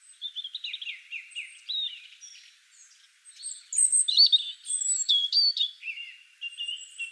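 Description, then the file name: European robin song: a series of quick descending whistled notes, then higher tinkling phrases and thin sustained squeaks, delivered in a rapid varied stream. "Erithacus rubecula"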